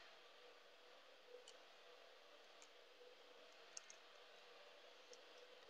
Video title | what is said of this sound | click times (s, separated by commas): REPLAY: Block 1/50 Road to California | and a half and then it just pops into place it moves quite easily I like that about it like | 3.8 s